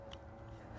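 A Rivian windshield wiper blade is being slid up onto the wiper arm hook, its plastic adapter not yet in place, with a steady low hum underneath and brief sharp handling sounds at about 0.1 and 0.8 seconds. The clip ends before the blade goes home, so nothing has seated or clicked yet.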